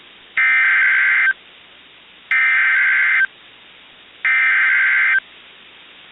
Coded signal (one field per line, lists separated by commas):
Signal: Emergency Alert System (SAME) tones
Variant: header bursts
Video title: EAS | Los Angeles FRW relayed over KWO37